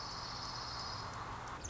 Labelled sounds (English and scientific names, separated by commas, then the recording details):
Dark-eyed Junco (Junco hyemalis)
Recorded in Sonoma County, California